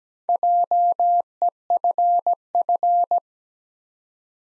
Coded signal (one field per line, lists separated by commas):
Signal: Morse code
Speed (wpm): 17 wpm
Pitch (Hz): 700 Hz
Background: none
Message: JEFF